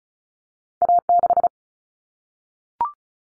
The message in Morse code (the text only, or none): A6